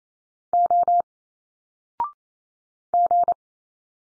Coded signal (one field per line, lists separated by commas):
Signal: Morse code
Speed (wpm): 29 wpm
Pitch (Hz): 700 Hz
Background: none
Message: O G